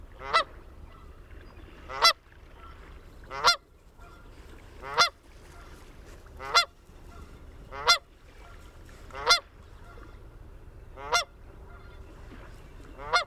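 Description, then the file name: Canada goose honks, loud nasal calls repeated about every one and a half seconds, nine calls. A family of Canada geese, recorded 22 June 2001. "2001-06-22 Canada Goose Family"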